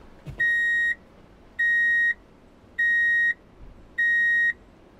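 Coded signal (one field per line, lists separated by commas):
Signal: none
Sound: vehicle warning beeps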